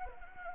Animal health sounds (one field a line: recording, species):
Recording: mosquito wingbeat signal from an infrared sensor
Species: Anopheles arabiensis